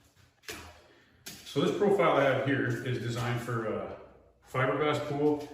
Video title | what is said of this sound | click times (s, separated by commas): Modern Moulding - Cantilevered Edge With An Autocover | so anywhere along that line you'll put these clips are also reasonable so go right into where the liner track is and it locks into place | 0.5 s, 1.3 s